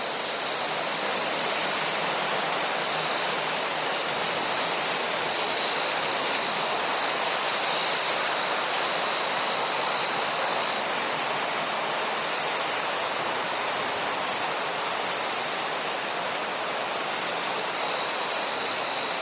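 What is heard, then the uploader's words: Corn leaves rustle in a gentle breeze as a steady, dense hiss that barely changes in loudness over the whole stretch. High, thin insect chirping runs continuously above it, bright and distant, with faint pulsing near the top. No low sounds stand out. In the Corn Field at Dusk. You can hear the rustling of the corn leaves in the gentle breeze and the soft chirping of crickets in the distance.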